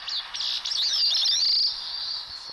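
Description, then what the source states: Bicknell's thrush song: high, thin, wavering phrases that run together. Taped song played back by a researcher to lure the bird in, at a survey station in dense spruce and alder on Lion Mountain, Adirondacks, in shivery cold.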